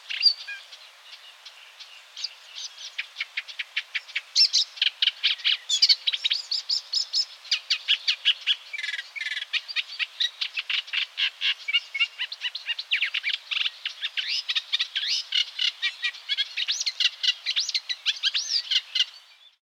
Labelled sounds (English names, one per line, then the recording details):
Eurasian Reed Warbler
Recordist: Frommolt, Karl-Heinz